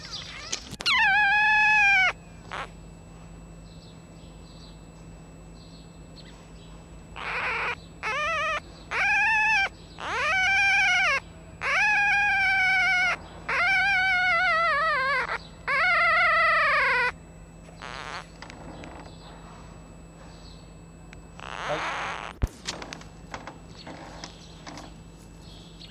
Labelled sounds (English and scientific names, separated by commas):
Red Fox (Vulpes vulpes)